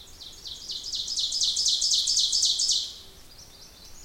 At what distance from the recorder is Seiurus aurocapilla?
about 20 m